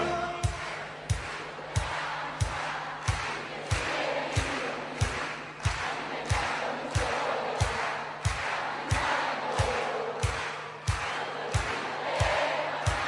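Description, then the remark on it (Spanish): A crowd claps in unison along to cumbia music, roughly two sharp claps per second, over continuous thumping bass, keeping a regular rhythm for the whole stretch. “Y ahora todas las palmas, ….”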